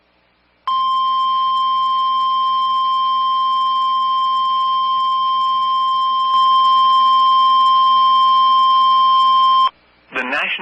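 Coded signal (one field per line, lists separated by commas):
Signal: Emergency Alert System (SAME) tones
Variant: 1050 Hz attention tone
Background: speech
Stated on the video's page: Captures of several EAS alerts recorded over a break period.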